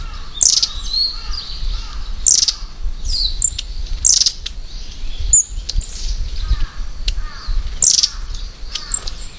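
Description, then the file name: Long-tailed tit calls: thin, very high buzzy notes in several short bursts, with some lower twittering notes and a steady low rumble. "enaga"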